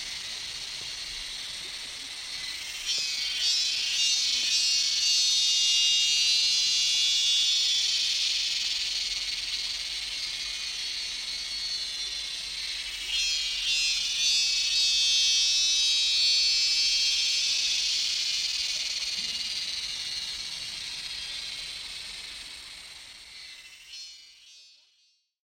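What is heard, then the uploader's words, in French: Jungle insects in Ninh Binh make a dense, continuous high buzzing and shrilling that fills the upper range throughout. The chorus swells twice, around five and fifteen seconds, with fast pulsing trills, then fades toward the end. Little else is heard beneath it. Insectes jungle - Ninh Bìn - 13h.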